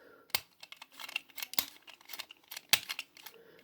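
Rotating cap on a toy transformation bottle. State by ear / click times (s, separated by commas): seated / 2.7 s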